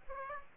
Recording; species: mosquito wingbeat signal from an infrared sensor; Aedes aegypti